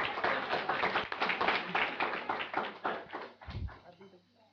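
An audience breaks into steady, energetic applause, a dense crackle of many hands clapping at once that tapers off and fades out over the last second.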